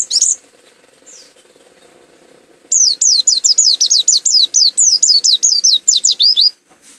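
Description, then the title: White-eye song: a brief high note at the start, then a long, fast string of shrill downslurred whistles, roughly three to four per second, ending abruptly. Macok song style; endemic to Malang, East Java. "Burung Pleci Macok Endemik Jatim Malang"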